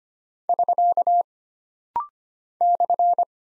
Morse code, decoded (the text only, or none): <SK> /